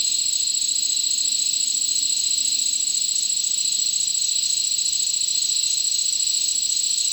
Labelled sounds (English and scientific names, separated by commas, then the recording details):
none
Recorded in dense forest near Puerto Asís, Putumayo, Colombia, on 18 February 2024 at 09:30
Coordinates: 0.499, -76.324
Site G6469